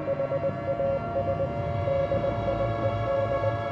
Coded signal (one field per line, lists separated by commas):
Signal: Morse code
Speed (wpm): 20 wpm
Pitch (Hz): 550 Hz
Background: none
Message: HAS DIED